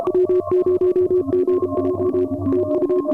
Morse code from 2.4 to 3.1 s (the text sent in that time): TU